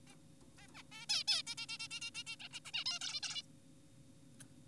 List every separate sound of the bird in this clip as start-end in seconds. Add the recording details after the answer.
0.08-0.16, 0.58-0.67, 0.75-0.83, 0.92-1.06, 1.10-1.24, 1.28-1.42, 1.47-1.55, 1.58-1.66, 1.69-1.78, 1.80-1.88, 1.91-2.00, 2.02-2.10, 2.15-2.24, 2.27-2.36, 2.40-2.48, 2.54-2.60, 2.65-2.72, 2.74-2.84, 2.86-2.99, 3.01-3.20, 3.23-3.42. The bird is an adult. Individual g4p5U